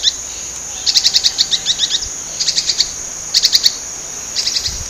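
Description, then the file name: Spix's spinetail song, short bursts of rapid, high chattering notes repeated in phrases, over a loud steady insect-like hiss. Recorded at Laguna Diario, Uruguay, on 19 April 2013. "Synallaxis-spixi-Lag Diario-UY-19-4-13-ASilveira"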